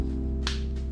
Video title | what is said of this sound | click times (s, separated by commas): AAP-01 DELTA KIT - 3D printed - Assembly Video | it should click in right like this and then you screw it down with these two screws | 0.5 s